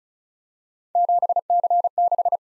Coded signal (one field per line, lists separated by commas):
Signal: Morse code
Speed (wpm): 36 wpm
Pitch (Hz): 700 Hz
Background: none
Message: 7C6